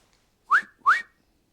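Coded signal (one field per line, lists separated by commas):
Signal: whistle signal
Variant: dogman crane whistle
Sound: two short upward-sliding whistles in quick succession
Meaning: Raise the crane hook (rope up)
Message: 2 short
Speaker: So now, how do we get the hook of the crane to go up? two short signals.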